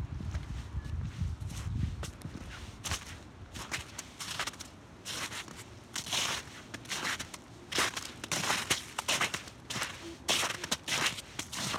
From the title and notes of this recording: ASMR Radio - Snowy, Slushy, Crunchy Walk. Taking a walk out to my mailbox to check the mail.